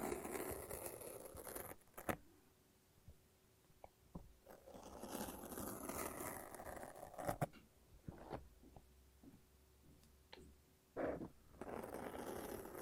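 A lint roller and tape make sticky peeling sounds, with rough ripping bursts near the start, around five to seven seconds, and again near twelve seconds. Between them come quieter gaps broken by sharp clicks and taps, plus a faint steady hum.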